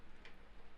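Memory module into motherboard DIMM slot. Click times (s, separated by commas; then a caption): 0.2 s. A Ballistic-brand DDR4 memory module is pushed down into a motherboard DIMM slot until its plastic retention latch gives a single short, bright click at about 0.3 s over a steady low background hum. The module is seated and latched in place.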